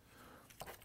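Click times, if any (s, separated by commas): 0.6 s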